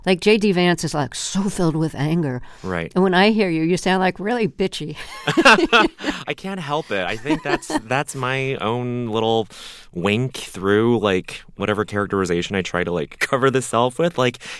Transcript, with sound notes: Vance is, like, so filled with anger.
Right.
And when I hear you, you sound, like, really bitchy.
(LAUGHTER)
I can't help it. I think that's my own little wink through, like, whatever characterization I try to, like, cover the self with.